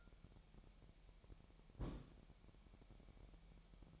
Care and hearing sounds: daily activity, microphone in the room; place on stove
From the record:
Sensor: 1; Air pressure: 1012.1 hPa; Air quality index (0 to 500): 220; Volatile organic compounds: 5 ppm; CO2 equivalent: 1760 ppm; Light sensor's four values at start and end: 70/166/70/73 and 69/165/69/72

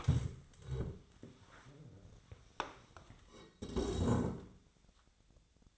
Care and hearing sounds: daily activity, microphone in the room; stand up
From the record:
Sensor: 3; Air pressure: 1000.4 hPa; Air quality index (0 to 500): 172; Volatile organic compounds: 3 ppm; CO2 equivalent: 1496 ppm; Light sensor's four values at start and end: 13/31/13/13 and 13/31/13/14

